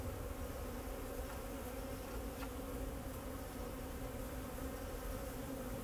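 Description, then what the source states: Bees buzzing in a dense, steady hum, with a brief click partway through and a low rumble behind. Bees flying around the recordist in Jacques Brelpark, Kersbeeklaan, Vorst, Belgium; train in background; recorded binaurally with a Sennheiser Ambeo binaural headset.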